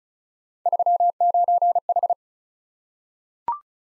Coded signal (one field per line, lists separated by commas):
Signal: Morse code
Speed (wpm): 36 wpm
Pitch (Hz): 700 Hz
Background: none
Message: 39H